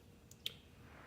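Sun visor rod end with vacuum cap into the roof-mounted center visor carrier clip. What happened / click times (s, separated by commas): The rod end snapped into the plastic clip / 0.3 s, 0.5 s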